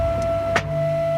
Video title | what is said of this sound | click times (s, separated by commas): BIG JETS FROM HOME DAY 56 - DAILY UPDATE & SHOW REPLAY #CountdownToFreedom | down so there should be a nice click | 0.6 s